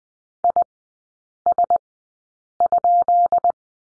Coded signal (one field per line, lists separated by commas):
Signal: Morse code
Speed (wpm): 20 wpm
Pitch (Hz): 700 Hz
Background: none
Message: IS?